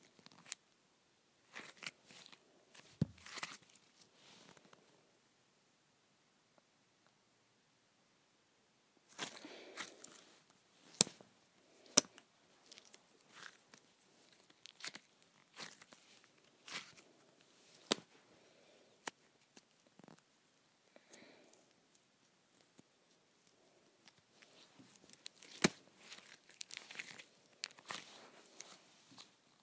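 Putty being pulled apart, heard as clusters of sharp crackling, sticky clicks and small tearing snaps. The sounds come in bursts with quiet gaps, the longest silence from about 5 to 9 seconds, then fairly steady clicking resumes through the end.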